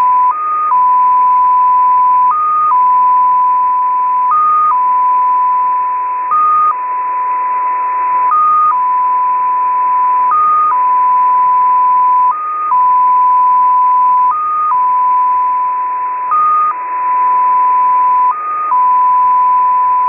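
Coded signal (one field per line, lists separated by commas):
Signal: multi-tone FSK (Olivia or MFSK type)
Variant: XPA2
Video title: XPA2 Data Mode 07/10/2023 1500 UTC 13906kHz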